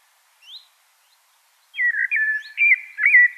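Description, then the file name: Common blackbird song: one brief high note, a pause, then a rich, mellow, fluting warble of several slurred notes running to the end. "Turdus merula"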